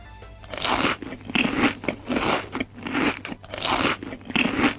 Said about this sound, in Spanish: Como podéis ver, por la manera de masticar, Gabe Newell no está muy de acuerdo con Patcher, aunque... Esto lo saco todo de... Se lo quiere comer.